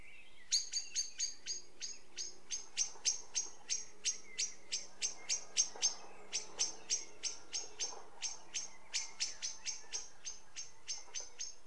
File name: Turdus merula